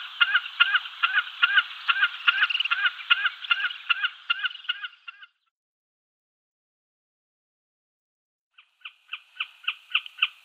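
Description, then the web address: Common snipe display call: dense chipping repeated notes for about five seconds, a few seconds of silence, then a quieter, evenly spaced series resumes. "Schulze Peter Common Snipe display"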